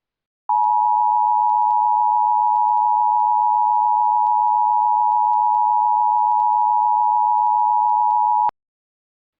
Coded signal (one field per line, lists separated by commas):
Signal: Emergency Alert System (SAME) tones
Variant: 853 and 960 Hz attention tone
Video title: EAS Scenario: Godzilla - Titans of Earth (Tripleverse 2 Part 1 - Remastered)